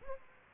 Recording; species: mosquito wingbeat signal from an infrared sensor; Aedes aegypti